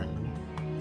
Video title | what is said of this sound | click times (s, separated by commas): Praktik Penyambungan Kabel Serat Optic Menggunakan Fusion Splicer Termahal -- Brmain Sambil Belajar | itu ya digeser sampai klik kemudian | 0.6 s